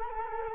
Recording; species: mosquito wingbeat signal from an infrared sensor; Culex quinquefasciatus